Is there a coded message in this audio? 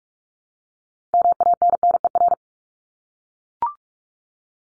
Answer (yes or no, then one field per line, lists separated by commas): yes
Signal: Morse code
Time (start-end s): 1.1-2.3 s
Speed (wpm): 44 wpm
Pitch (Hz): 700 Hz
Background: none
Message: MANNER